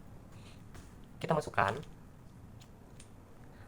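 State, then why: Not seated. A cable with its RJ45 connector is inserted into the crimping slot of a crimping tool before being pressed. Someone talks briefly around 1.2–1.8 s, with faint handling sounds and small taps near 0.8 s and 3.0 s. Nothing has been pressed or clicked yet.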